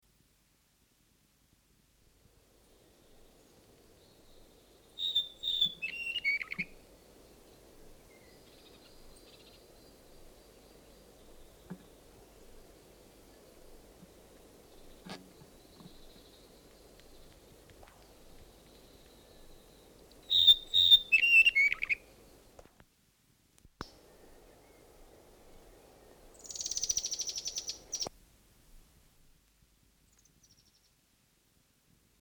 Yellowhead/mohua song. Adult male song.